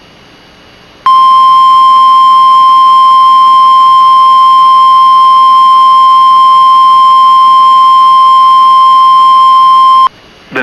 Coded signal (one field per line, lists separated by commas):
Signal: Emergency Alert System (SAME) tones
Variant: 1050 Hz attention tone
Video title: EAS Alerts from WDFA-IP - 11/10/2020 (EAS# 210-219)